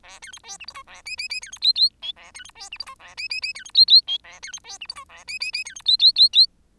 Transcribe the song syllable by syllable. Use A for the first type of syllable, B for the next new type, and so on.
A B C D E F G A H H H B C I I J A B C D E F G A H H H B C I I J A B C D E F G A H H H B C I I I I